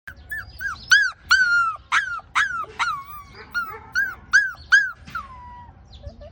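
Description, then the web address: Dog: puppy whimpering and yipping in a quick run of many high, whining cries that rise then fall, over a low background rumble. "Papi dog. دانلود-صدای-سگ-پاپی"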